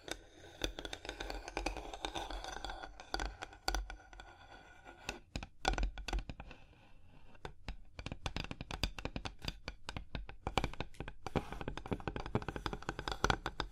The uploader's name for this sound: Hypnotic Surface Tapping, Scratching, Tracing Sounds